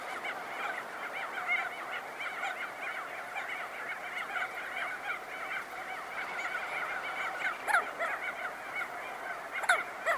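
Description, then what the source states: Crested auklet chorus, a steady wall of overlapping honking, nasal calls from many birds, with sharper louder notes near the end. Close-up recording.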